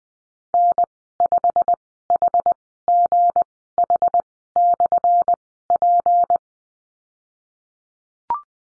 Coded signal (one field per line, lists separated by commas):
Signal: Morse code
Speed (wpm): 20 wpm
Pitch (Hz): 700 Hz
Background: none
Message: N5HGH/P